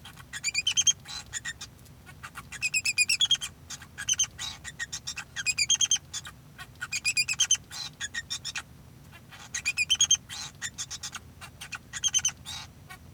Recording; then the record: song of a male Bengalese finch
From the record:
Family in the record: son of father 2